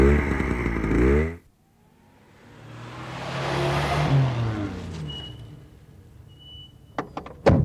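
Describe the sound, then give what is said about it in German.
A motorcycle engine runs with a loud, throbbing low drone for about a second, then cuts off abruptly as the rider switches it off. A broad rushing swell follows and fades, and a few sharp clicks come at the end. “Zuerst muss ich meine Maschine ausstellen.”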